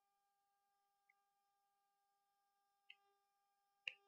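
A battery snap connector is pressed onto the battery terminals after its plus and minus are matched to the battery's. A faint tick at 1.1 s and a softer knock at 2.9 s come before a sharp snap at 3.9 s, all over a steady background tone. The connector locks onto the battery at 3.9 s.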